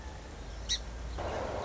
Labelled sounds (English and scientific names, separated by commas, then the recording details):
Song Sparrow (Melospiza melodia)
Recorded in Sonoma County, California